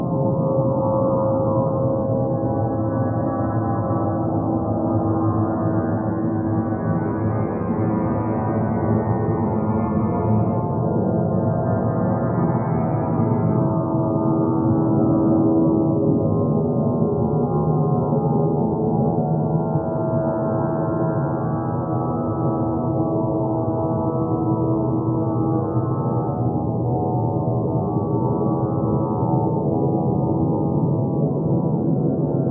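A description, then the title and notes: A dense, steady drone of layered low and middle tones with a gong-like shimmer, slowly shifting as brighter overtones swell and recede. Evolving drone structure, sounds created in Pure Data.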